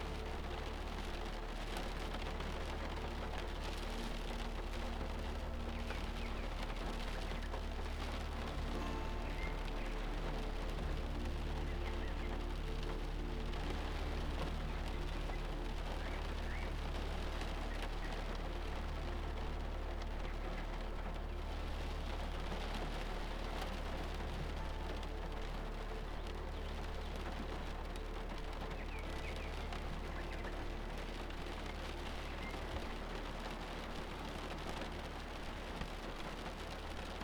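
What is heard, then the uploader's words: Heavy storm rain, heard from under shelter, patters densely and evenly on a surface for the full length without letting up. A deep, constant rumble runs beneath it, along with faint steady tones; no distinct thunderclaps stand out. Shelter from a storm.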